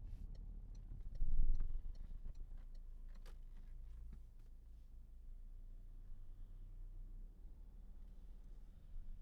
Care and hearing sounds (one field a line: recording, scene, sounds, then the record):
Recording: everyday scene through a hearing-aid microphone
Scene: in a vehicle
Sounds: engine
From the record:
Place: Berlingo II, diesel engine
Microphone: behind the ear, left, rear